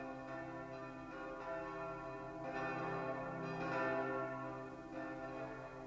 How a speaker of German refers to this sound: In der Neujahrsnacht von 1435 auf 1436. Die Glocken läuten das alte Jahr aus und das neue ein.